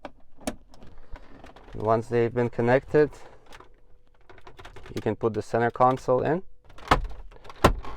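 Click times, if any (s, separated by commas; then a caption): 6.9 s, 7.6 s. Someone talks while a plastic center console trim panel is pressed back into the dashboard of a 2012–2016 Land Rover Evoque with a Bosch stereo, after the wireless CarPlay module wiring is connected. Faint handling ticks are heard, then two loud sharp snaps at 6.9 s and 7.7 s as the clips engage and the trim seats in place.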